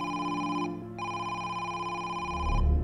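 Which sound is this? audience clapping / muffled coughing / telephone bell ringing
telephone bell ringing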